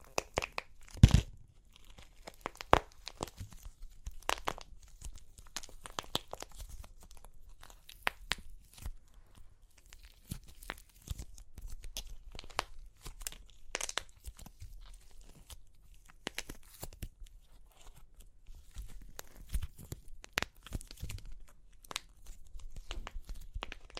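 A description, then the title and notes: Crunchy clay cracks and crumbles in dense, irregular bursts of sharp crackling that run through the whole stretch. Louder snaps stand out near the start, around fourteen seconds and near twenty-one seconds, over a constant low rustle and crinkle between them. Super Crunchy Clay Cracking (No Talking).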